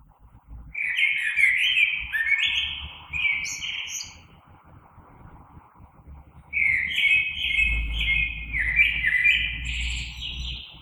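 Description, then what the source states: Common blackbird song: two long warbled phrases of mellow fluting notes with high squeaky twitters, separated by a pause, over a low rumble. Recorded 3 March 2020.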